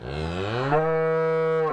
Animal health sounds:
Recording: contact call of a hoofed animal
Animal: cattle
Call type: low-frequency (closed-mouth) or high-frequency (open-mouth) call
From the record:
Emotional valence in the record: negative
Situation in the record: full separation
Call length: 1.74 s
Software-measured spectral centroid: 1300 Hz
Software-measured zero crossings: 1320 a second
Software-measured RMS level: -24 dBFS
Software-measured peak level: -9 dBFS

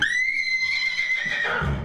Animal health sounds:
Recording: contact call of a hoofed animal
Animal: horse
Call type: whinny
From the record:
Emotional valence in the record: negative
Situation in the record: group separation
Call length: 1.84 s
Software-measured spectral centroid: 2400 Hz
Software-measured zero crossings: 3860 a second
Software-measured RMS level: -24 dBFS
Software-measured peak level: -9 dBFS

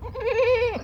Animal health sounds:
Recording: contact call of a hoofed animal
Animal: goat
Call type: low-frequency (closed-mouth) or high-frequency (open-mouth) call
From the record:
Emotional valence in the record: negative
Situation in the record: short social isolation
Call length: 0.84 s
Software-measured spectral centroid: 1690 Hz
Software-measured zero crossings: 1250 a second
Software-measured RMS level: -23 dBFS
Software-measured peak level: -12 dBFS

